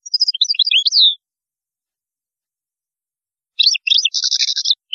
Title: Chant Chardonneret